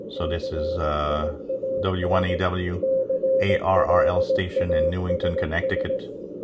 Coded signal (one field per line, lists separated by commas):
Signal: Morse code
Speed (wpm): 17 wpm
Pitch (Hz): 530 Hz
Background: speech, radio noise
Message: CIAN CLASS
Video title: Chinese DSP SDR Malahit clone W1AW morse code CW decode on Android tablet W6LVP loop antenna